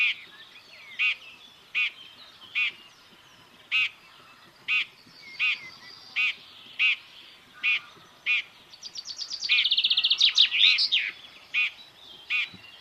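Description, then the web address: Common chaffinch repeating clipped, even call notes about once a second, broken by a rapid rattling song phrase. "Deverinetal 2025 File origin Bird Only Fr Co"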